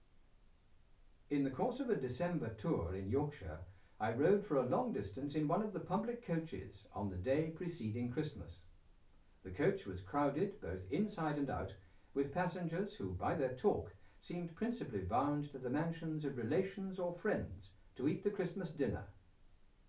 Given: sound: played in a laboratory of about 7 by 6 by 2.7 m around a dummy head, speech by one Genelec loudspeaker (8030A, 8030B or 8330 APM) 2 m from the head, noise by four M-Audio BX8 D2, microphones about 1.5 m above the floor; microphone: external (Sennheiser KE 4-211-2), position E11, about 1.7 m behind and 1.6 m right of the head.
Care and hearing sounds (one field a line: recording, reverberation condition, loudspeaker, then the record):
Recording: male speech in English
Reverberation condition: low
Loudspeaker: 150 degrees to the left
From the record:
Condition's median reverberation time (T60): about 310 ms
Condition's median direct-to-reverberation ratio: about 3.5 dB